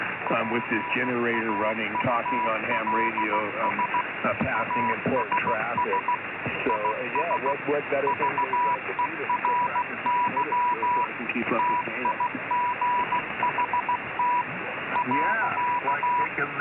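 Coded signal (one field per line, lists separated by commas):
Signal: Morse code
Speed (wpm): 16 wpm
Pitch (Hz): 980 Hz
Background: speech, radio noise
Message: PAULS ASS IS VERY TIGHT .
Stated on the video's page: Morse heard on a live Yavapai County, Arizona scanner feed.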